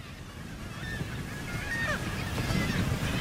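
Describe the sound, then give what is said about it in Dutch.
Harsh, cackling calls of fulmars noisily defending their nests at a seabird colony on a rock rise in short bursts over a steady low rumble of wind and surf, several birds overlapping as the noise slowly grows louder. “Stormvogels die lawaaiig hun nest verdedigden en papegaaiduikers die terugkwamen van ver op zee.”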